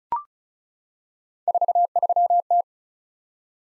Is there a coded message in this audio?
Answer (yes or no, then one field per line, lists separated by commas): yes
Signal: Morse code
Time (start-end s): 1.5-2.6 s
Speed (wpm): 36 wpm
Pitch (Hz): 700 Hz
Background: none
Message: 43T